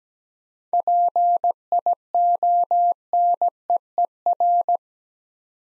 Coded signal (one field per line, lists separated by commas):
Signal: Morse code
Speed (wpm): 17 wpm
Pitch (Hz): 700 Hz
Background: none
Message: PIONEER